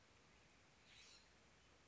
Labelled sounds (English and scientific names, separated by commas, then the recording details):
California Scrub-Jay (Aphelocoma californica)
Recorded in Sonoma County, California